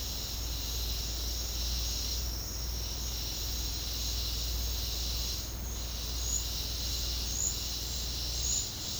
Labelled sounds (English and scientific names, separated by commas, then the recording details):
none
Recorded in secondary vegetation near Puerto Asís, Putumayo, Colombia, on 9 March 2025 at 09:30
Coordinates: 0.484, -76.319
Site G010